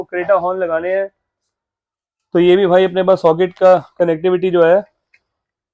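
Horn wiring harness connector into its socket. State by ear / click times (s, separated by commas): not seated / none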